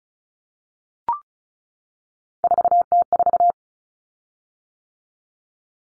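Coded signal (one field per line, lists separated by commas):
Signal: Morse code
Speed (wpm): 34 wpm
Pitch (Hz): 700 Hz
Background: none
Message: 4T4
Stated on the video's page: Head-copy drill at 35 wpm of three-digit cut numbers, using T, A, N for 0, 1, 9, each sent, spoken, then sent again.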